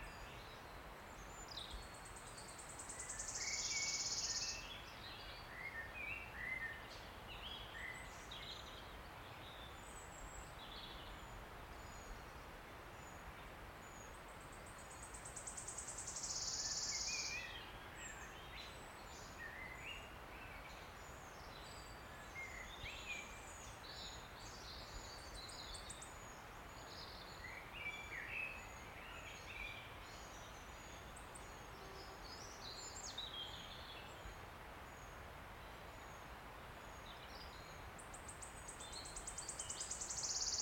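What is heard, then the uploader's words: A wood warbler sings accelerating trilling phrases every ten to fifteen seconds, high and shimmering, over steady soft background hiss with scattered other chirps. Listen to the cascade of wood warbler song in an ancient oak wood. In this episode, you're on a path rising up a steep-sided wooded valley in South Wales. The endless May rain has stopped and a male wood warbler is singing his extraordinary song from the emerald canopy of tangled oak trees.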